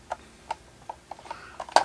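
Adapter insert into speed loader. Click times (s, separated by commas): 1.8 s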